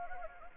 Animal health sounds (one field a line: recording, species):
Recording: mosquito wingbeat signal from an infrared sensor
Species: Anopheles gambiae